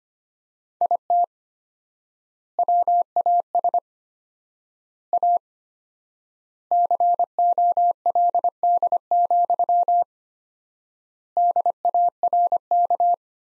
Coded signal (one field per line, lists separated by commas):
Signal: Morse code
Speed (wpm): 25 wpm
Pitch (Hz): 700 Hz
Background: none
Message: IT WAS A COLD, DARK